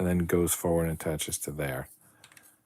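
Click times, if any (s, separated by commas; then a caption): none. Someone talks while handling a plastic toenail piece being pressed onto the dragon's foot of a building-toy construction set. The speech ends near 1.9 s, followed by a few faint light taps around 2.2 to 2.4 s. Nothing has seated or clicked yet.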